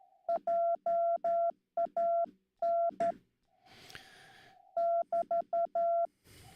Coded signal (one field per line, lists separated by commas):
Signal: Morse code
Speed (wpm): 12 wpm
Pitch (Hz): 680 Hz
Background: none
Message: JAN <BT>